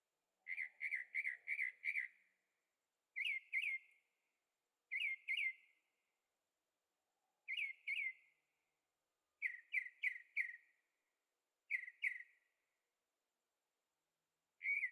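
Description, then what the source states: Bird song: repeated bursts of quick whistled notes, from two to five per burst, with brief silent gaps between them. Birds singing at night in Carefree, Arizona; recorded with a Zoom H6 and stereo microphones.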